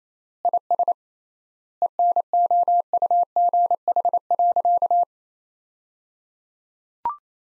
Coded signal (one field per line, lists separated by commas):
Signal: Morse code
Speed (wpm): 27 wpm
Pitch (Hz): 700 Hz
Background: none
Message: IS ENOUGH.